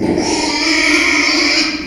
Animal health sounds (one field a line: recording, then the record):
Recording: squeal of a Yucatan mini pig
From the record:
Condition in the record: after surgery on the right vocal fold (resection and tissue-engineered implant)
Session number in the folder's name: 2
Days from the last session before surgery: 13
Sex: male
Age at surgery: 12 weeks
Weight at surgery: 13 kg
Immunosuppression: cyclosporine, prednisolone